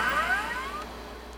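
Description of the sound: A brief rising electronic whine that fades out: a simulated chest X-ray machine exposure sound, taken while the patient stands with arms raised, holding still and holding their breath for a few seconds.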